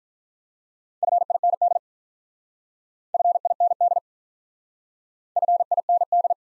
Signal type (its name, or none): Morse code